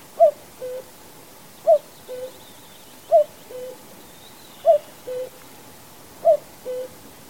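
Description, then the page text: Common cuckoo calling its two-note falling cu-ckoo, repeated five times about every one and a half seconds, over a steady hiss with faint bird notes. "Common Cuckoo #sound #singing #call. knut the bird nerd"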